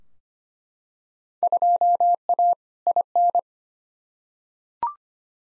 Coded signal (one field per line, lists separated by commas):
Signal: Morse code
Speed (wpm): 25 wpm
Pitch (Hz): 700 Hz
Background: none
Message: 2A IN